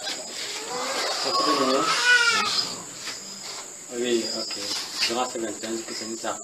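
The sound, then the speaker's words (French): A cat outdoors lets out a long, wavering meow over a steady high chirring of crickets, followed by people talking. “Vous entendez là-bas dehors? Oui, durant ces 21 jours que c'est nous a appris à prendre. Le chat”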